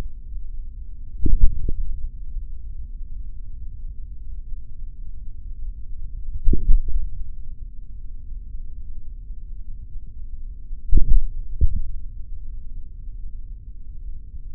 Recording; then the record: forearm muscle sounds (acoustic myography)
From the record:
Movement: tripod grip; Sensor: system 3, bracelet of six PUI Audio POM-2738L microphones around the upper forearm, with dedicated amplification and filtering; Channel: 4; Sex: male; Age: 26 years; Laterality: right